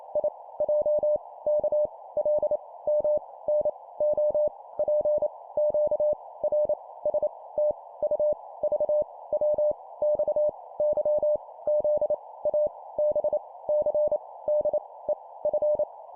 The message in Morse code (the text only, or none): I J K L M N O P Q R S T U V W X Y Z A B C D E F